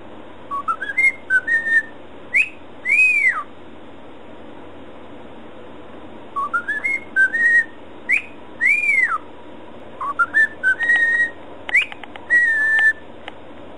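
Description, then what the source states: Cockatiel whistling its tune three times, each a climbing series of short pure notes, the first two finishing in a drawn-out arched whistle. Cockatiel whistling (siulan).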